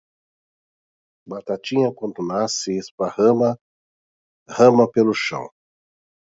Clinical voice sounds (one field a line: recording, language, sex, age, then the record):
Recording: short text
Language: Brazilian Portuguese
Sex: male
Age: 50 to 59 years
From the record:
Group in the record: control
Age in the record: 55 years